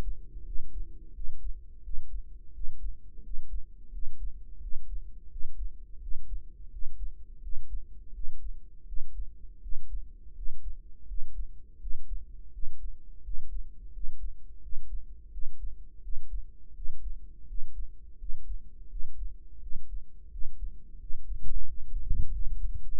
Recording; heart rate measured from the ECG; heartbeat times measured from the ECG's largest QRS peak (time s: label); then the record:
heart sounds by microphone in the right ear; 85 bpm
0.46 s: heartbeat
1.15 s: heartbeat
1.84 s: heartbeat
2.54 s: heartbeat
3.24 s: heartbeat
3.93 s: heartbeat
4.62 s: heartbeat
5.31 s: heartbeat
6.02 s: heartbeat
6.72 s: heartbeat
7.43 s: heartbeat
8.14 s: heartbeat
8.87 s: heartbeat
9.63 s: heartbeat
10.36 s: heartbeat
11.08 s: heartbeat
11.81 s: heartbeat
12.53 s: heartbeat
13.24 s: heartbeat
13.94 s: heartbeat
14.63 s: heartbeat
15.32 s: heartbeat
16.03 s: heartbeat
16.75 s: heartbeat
17.48 s: heartbeat
18.19 s: heartbeat
18.90 s: heartbeat
19.62 s: heartbeat
20.32 s: heartbeat
21.00 s: heartbeat
21.67 s: heartbeat
22.33 s: heartbeat
22.97 s: heartbeat
From the record:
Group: healthy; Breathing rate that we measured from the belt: 17 breaths a minute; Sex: male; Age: 21 years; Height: 175 cm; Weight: 72.6 kg